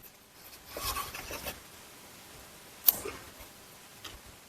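Handling and rubbing noises come from about 0.7 to 1.5 s as the red locking clip (connector position assurance) on the electrical connector of an active grille shutter motor on a Buick Lacrosse or Chevy Malibu is pushed up, during a shutter replacement for error codes P151E and U0284. A sharp click at 2.9 s marks the clip snapping home into its locked position, and a faint tap follows at about 4.1 s.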